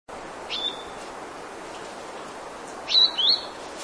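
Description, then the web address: Bird calls: a brief high chirp near the start, then two quick twittering notes about three seconds in, over a steady hiss. "brown vermilion bird call"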